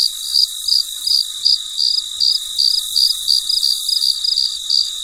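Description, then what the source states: Cricket chirps in short shrill bursts, nearly three a second, over a continuous high insect hum in a quiet setting. Recorded late at night in very quiet surroundings.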